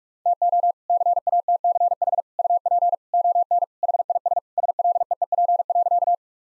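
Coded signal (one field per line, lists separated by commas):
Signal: Morse code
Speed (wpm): 46 wpm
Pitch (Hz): 700 Hz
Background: none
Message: TO CATCH UP ON HIS SLEEP.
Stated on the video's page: Practice set of all-age jokes at 45 wpm, with context hints.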